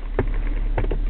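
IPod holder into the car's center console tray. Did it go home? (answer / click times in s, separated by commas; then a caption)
yes / 0.2 s. An iPod in its holder is pushed onto the plastic tray in the center console of a BMW 3 Series and clicks into place with a sharp snap at 0.2 s. A few faint ticks follow, then another sharp hit at 0.8 s and a softer knock at 0.9 s. The holder is seated in the console tray.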